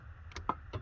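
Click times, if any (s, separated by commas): 0.4 s, 0.5 s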